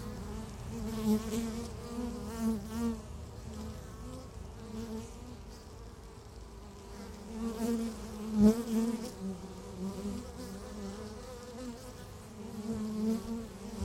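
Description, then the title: Honey bees droning at the hive, a steady low buzz with fluctuating pitch that swells louder several times, and a short click in the middle. Beehive at Laren, Gelderland, Netherlands, on July 17th 2015. "Beehive. Bijenkorf (Laren Gld., July 17th 2015)"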